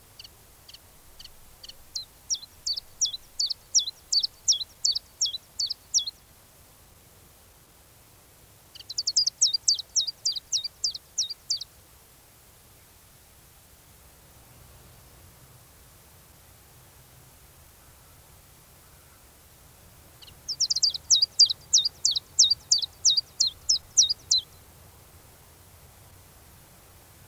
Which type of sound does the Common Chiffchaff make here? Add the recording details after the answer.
song. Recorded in the wild. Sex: male. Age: adult. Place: Garmisch-Partenkirchen, Bayern, DE. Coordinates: 47.5053, 11.0797. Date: 1963-04-15. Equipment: Nagra, AKG D19/200, Original, Vollspur, langes Kabel. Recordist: Tretzel, Erwin